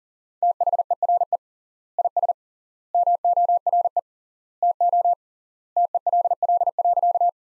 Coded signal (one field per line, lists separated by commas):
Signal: Morse code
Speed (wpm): 40 wpm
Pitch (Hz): 700 Hz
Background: none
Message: THERE IS MORE TO TELL.